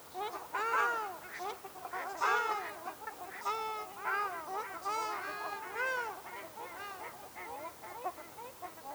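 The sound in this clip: Ruddy shelduck nasal honking, loud arched calls in lively bursts.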